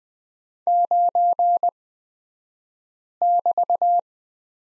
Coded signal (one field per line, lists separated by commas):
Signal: Morse code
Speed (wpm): 20 wpm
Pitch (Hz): 700 Hz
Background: none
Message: 9<BT>